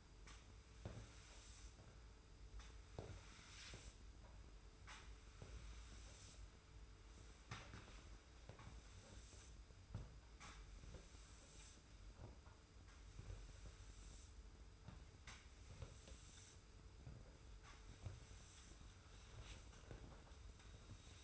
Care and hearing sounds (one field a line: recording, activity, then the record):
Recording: daily activity, microphone in the room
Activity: sweep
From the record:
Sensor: 2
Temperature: 25.1 degrees Celsius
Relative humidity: 42.2%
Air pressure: 991.2 hPa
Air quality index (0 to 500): 147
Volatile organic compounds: 362 ppm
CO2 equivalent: 4605 ppm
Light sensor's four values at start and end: 38/111/44/42 and 35/97/39/37